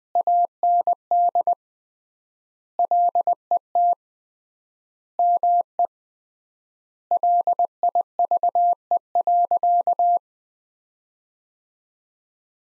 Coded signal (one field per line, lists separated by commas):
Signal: Morse code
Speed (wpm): 20 wpm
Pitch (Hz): 700 Hz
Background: none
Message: AND LET ME LIVE.